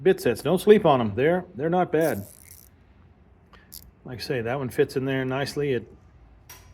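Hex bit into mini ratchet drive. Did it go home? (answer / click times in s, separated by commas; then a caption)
no / none. Someone talks while a hex bit is pushed into the drive of a slim magnetic mini ratchet, with faint light taps between the speech. The bit fits nicely but does not lock in, held only by the magnet, and nothing clicks into place.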